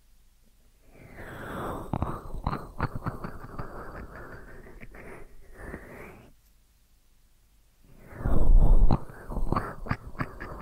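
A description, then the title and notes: Deep ear massage sounds: dense rustling and rubbing with many quick crackling taps, swelling in a steady stretch from about one to six seconds. After a quiet pause, a louder, fuller burst of rubbing returns near eight seconds, peaking sharply before tapering into scattered crackles. ASMR Deep Ear Massage for Sleep(No Talking).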